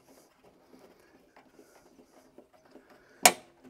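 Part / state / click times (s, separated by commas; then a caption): folding handle into lawnmower handle mount / seated / 3.2 s. Tightening the two small thumb wheels on either side of a Honda Izy petrol lawnmower's folding handle, clipped into its handle mount, makes a few faint low scrapes and taps. A single sharp, bright click at 3.2 s marks the handle locking in, and it sits solid in place.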